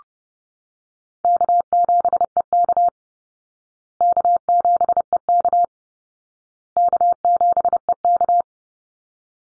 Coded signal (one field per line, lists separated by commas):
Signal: Morse code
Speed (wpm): 30 wpm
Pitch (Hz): 700 Hz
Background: none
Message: K7EK K7EK K7EK